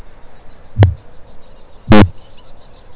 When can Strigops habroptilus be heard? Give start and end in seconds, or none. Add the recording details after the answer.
0.66-2.96. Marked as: faintness 1/5. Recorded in New Zealand. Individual Stumpy